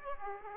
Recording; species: mosquito wingbeat signal from an infrared sensor; Aedes aegypti